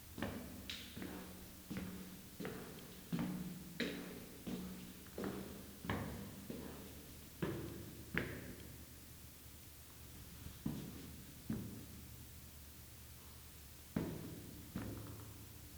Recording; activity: daily activity, guitar pickup as the sensor; go upstairs